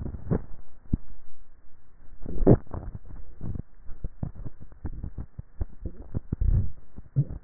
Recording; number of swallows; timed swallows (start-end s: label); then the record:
swallowing sounds by neck microphone; 3
2.38-3.32 s: swallow
4.05-4.88 s: swallow
5.75-6.45 s: swallow
From the record:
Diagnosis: dysphagia